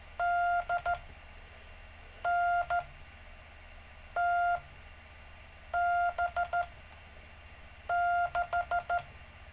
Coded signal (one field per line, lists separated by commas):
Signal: Morse code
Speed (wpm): 13 wpm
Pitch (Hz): 700 Hz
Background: none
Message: DNTB6